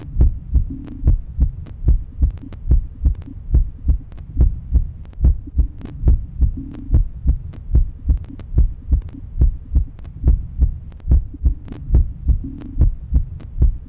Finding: Daily life normal heartbeat sound effect.